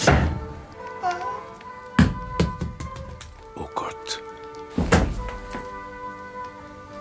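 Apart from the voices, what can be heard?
door opening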